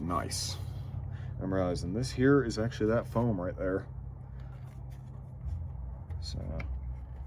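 A foam trim piece is being handled and fitted back into its mounting spot in a Subaru's body or interior while someone talks. Low, steady background noise runs throughout, with a brief sharp sound near 6.6 s. Nothing has seated or clicked into place yet.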